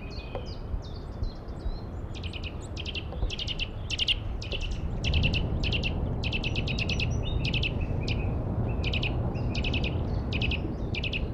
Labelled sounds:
Eurasian Nuthatch

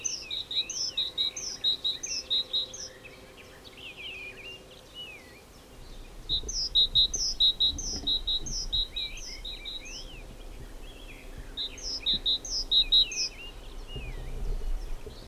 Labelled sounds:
Great Tit song

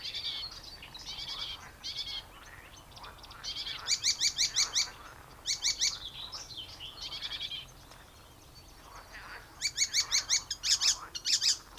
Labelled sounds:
Icterine Warbler

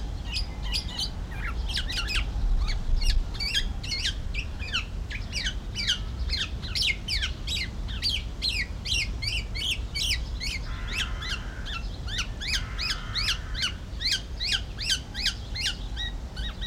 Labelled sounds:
Black-naped Oriole

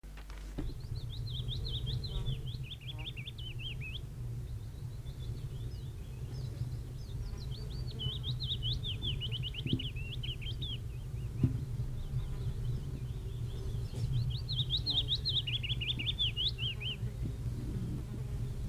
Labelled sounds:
Willow Warbler song

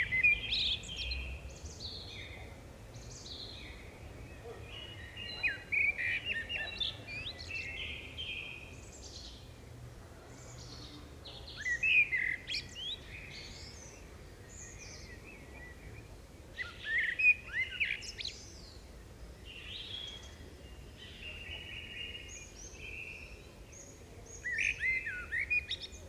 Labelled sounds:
Common Blackbird song

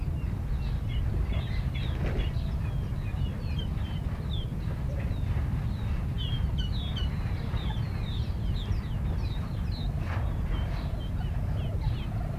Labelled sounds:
Common Pheasant call

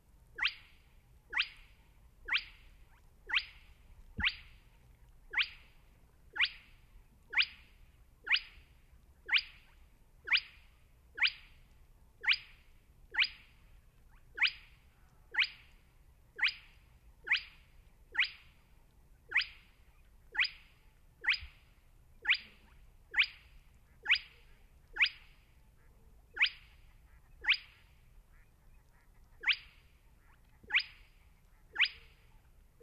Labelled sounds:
Spotted Crake

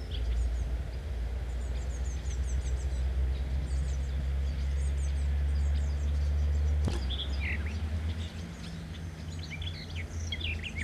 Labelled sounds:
Common Whitethroat song

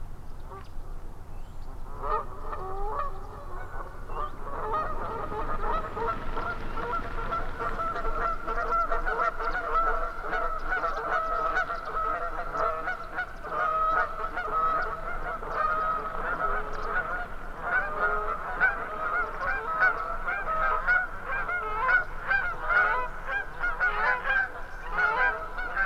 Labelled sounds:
Canada Goose call

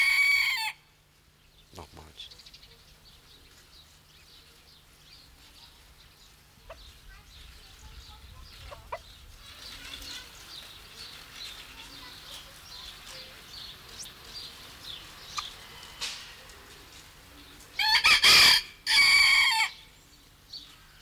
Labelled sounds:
Red Junglefowl call

